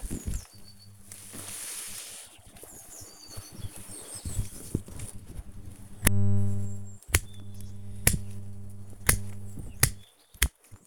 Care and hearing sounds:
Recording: household activities, microphone on the right wrist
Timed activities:
0.00-10.87 s: cutting wood

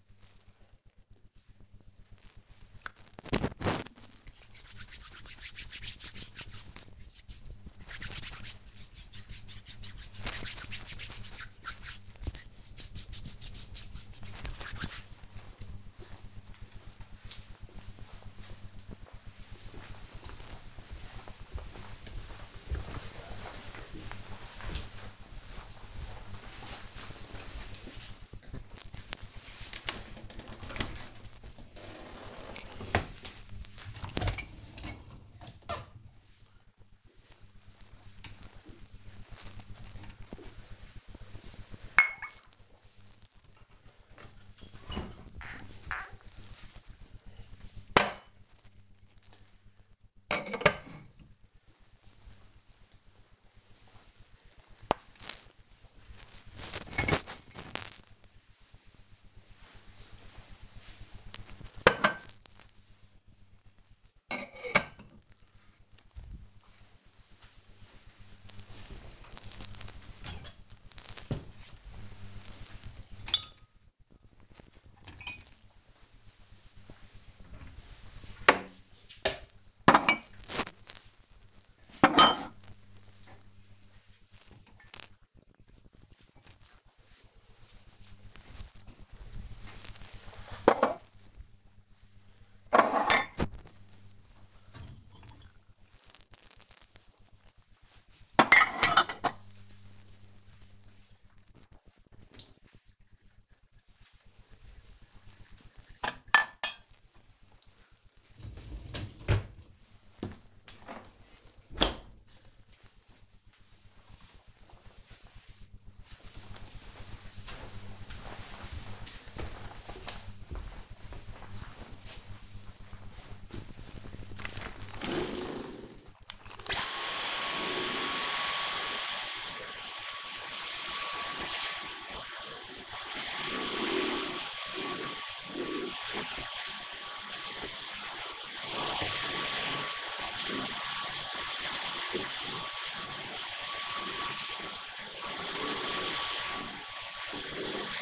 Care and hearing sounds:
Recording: household activities, microphone on the right wrist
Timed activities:
0.00-14.96 s: disinfecting hands
28.08-111.78 s: cleaning out the dishwasher
122.84-148.02 s: vacuum cleaning

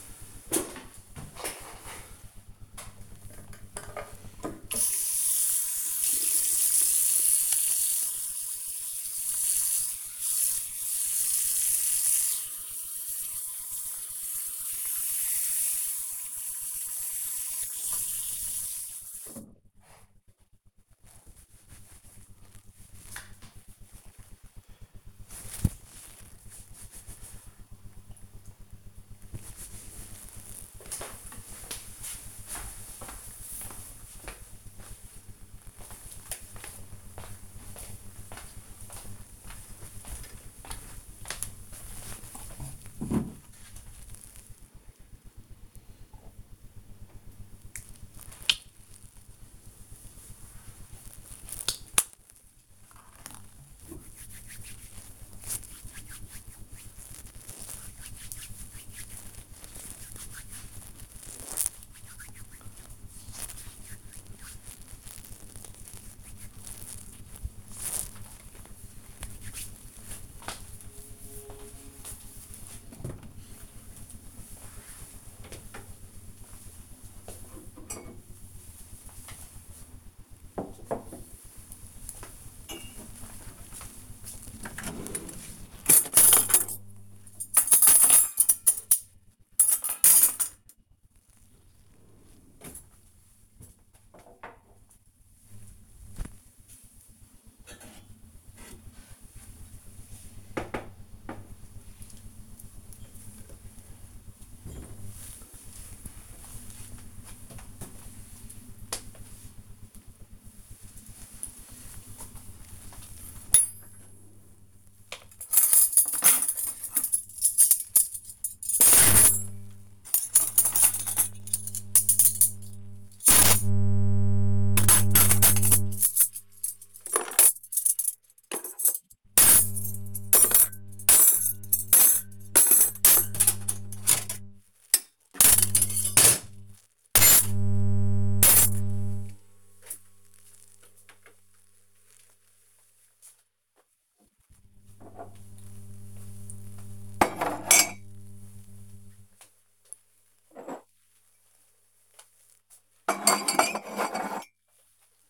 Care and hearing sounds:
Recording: household activities, microphone on the right wrist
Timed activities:
2.43-19.58 s: washing hands
47.79-71.96 s: cream hands
109.25-155.30 s: putting away the dishes

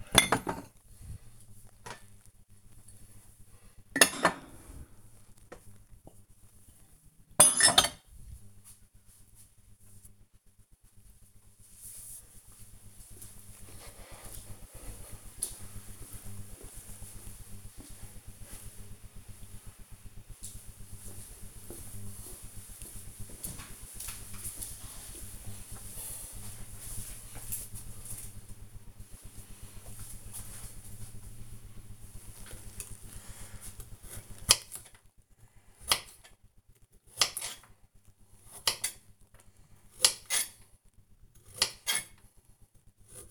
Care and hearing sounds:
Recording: household activities, microphone on the right wrist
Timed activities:
0.00-10.86 s: putting away the dishes
31.95-43.31 s: cutting vegetables

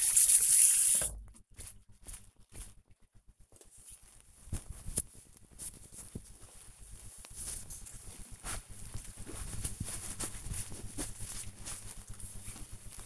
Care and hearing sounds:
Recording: household activities, microphone on the right wrist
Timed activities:
0.00-2.58 s: washing hands

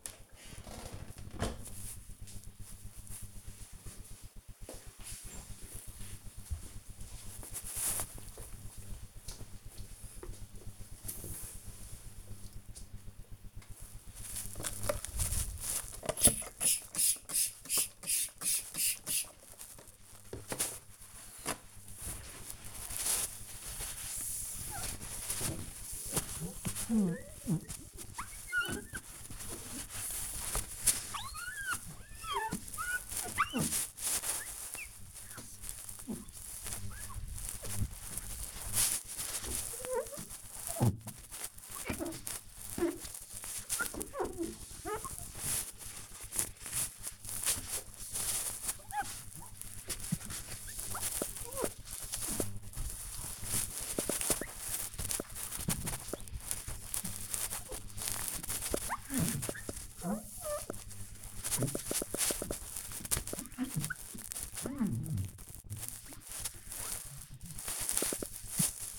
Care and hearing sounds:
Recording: household activities, microphone on the right wrist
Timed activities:
0.00-1.03 s: cleaning out the dishwasher
13.12-68.99 s: window cleaning

